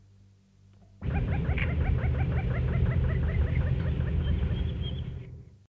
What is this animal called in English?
Little Crake